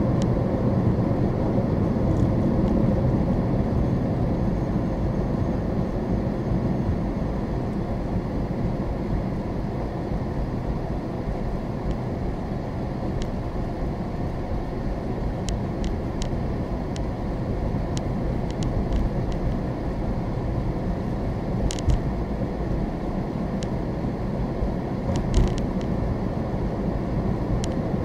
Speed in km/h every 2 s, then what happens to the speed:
60, 52, 45, 40, 34, 27, 24, 24, 31, 34, 34, 37, 40, 44.
0-12 slows to 24. 14-28 speeds up to 44.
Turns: none.